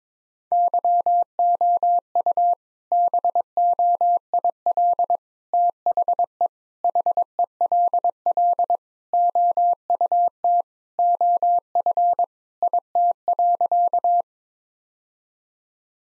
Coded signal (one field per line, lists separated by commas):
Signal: Morse code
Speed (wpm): 22 wpm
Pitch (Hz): 700 Hz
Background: none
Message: YOU BOIL THE HELL OUT OF IT.